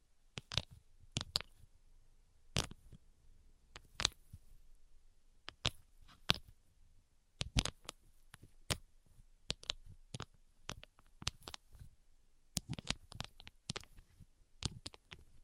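Tapping with no talking: sharp, bright taps come in irregular bursts, sometimes single, sometimes quick clusters of two or three, about every half second to a second. Between taps there is near silence with a faint low rustle.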